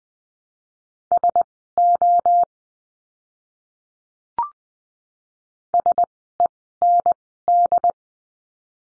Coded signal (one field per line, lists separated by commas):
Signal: Morse code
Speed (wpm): 20 wpm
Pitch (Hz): 700 Hz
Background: none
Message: SO SEND